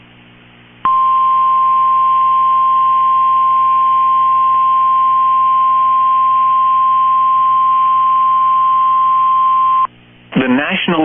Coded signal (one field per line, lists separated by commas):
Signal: Emergency Alert System (SAME) tones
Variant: 1050 Hz attention tone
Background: speech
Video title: Tornado Warning (Dunn, Pepin, Pierce Counties, WI) (5/15/25) [EAS #157]